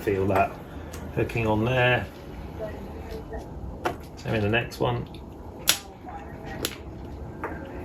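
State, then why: Seated. A retaining hook on a new seat cover is pushed onto the metal frame of a classic Fiat 500, 600 or 126 front seat during reupholstering. Someone talks between short clicks and taps. The hook catches and seats with a sharp click at 5.7 s.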